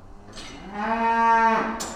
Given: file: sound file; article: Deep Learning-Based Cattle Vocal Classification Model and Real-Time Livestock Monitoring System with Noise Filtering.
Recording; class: cattle; food anticipating call